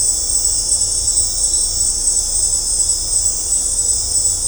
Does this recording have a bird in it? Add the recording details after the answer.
no. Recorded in dense forest near Puerto Asís, Putumayo, Colombia, on 18 December 2024 at 18:30. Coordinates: 0.503, -76.323. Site G043